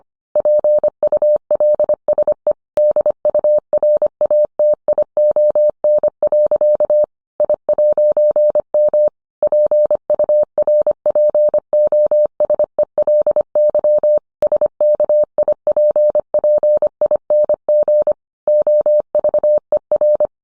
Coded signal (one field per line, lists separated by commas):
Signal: Morse code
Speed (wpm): 25 wpm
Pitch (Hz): 600 Hz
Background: none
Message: PULSE DURATION. I'M PURPOSELY SKIPPING OVER